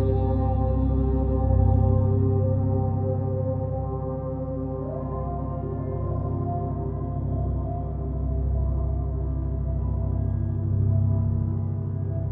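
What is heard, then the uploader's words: Binaural beats: a steady, low droning hum with layered sustained tones, slow pulsing swells, and a gentle pitch glide around five seconds. Binaural Beats for headache relief.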